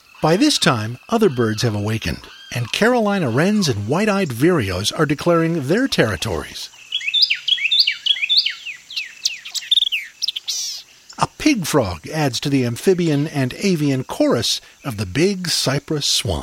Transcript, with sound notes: By this time, other birds have awakened, and Carolina Wrens and White-eyed Vireos are declaring their territories [songs of Carolina Wren + White-eyed Vireo] A Pig Frog adds to the amphibian and avian chorus of the Big Cypress Swamp.